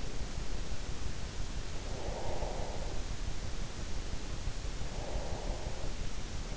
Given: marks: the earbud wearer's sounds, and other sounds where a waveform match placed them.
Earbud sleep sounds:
sounds in sleep by an in-ear microphone; breath
1.69-3.27 s: breath
4.74-6.57 s: breath

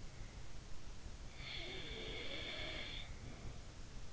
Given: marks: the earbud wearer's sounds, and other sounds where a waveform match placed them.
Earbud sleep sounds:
sounds in sleep by an in-ear microphone; breath
0.74-3.83 s: breath

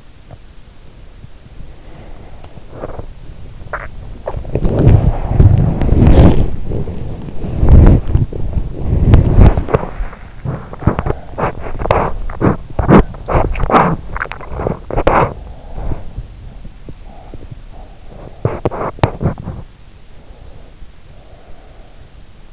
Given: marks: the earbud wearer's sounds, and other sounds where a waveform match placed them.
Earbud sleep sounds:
sounds in sleep by an in-ear microphone; body movement, swallowing, teeth grinding, breath
0.42-3.37 s: body movement
3.37-4.65 s: swallowing
4.65-10.29 s: body movement
10.29-19.97 s: teeth grinding
19.97-22.53 s: breath

